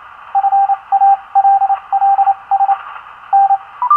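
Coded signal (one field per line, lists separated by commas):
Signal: Morse code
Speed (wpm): 27 wpm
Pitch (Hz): 790 Hz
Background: radio noise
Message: FALLS N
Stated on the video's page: Signals across 40 meters in the early evening on a Simpleceiver Plus superheterodyne receiver.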